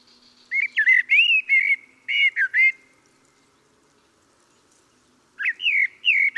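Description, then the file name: Common blackbird giving mellow, fluty warbled phrases with high twittering notes. Two bursts are separated by a few seconds of near silence, with a faint low hum underneath. "Turdus merula"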